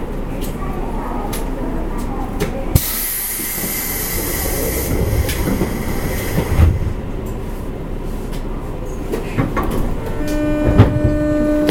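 A JR West 201 series local train on the Yamatoji line runs with a steady low rumble and rattle underneath. A bright hiss rises suddenly near three seconds and holds until about six seconds. Sharp clicks and thumps recur, and a thin whine appears near the end.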